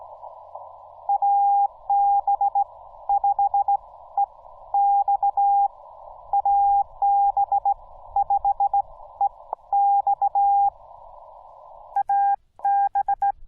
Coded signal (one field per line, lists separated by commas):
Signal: Morse code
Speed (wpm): 16 wpm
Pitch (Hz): 800 Hz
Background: none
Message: AB5EX AB5EX AB